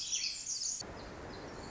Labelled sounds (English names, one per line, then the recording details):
Pacific Wren
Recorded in Sonoma County, California